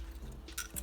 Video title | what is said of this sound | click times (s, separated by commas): Holy Stone's Fun Little Camera Drone for Beginners - HS430 Review | they fold out and lock into place | 0.6 s, 0.8 s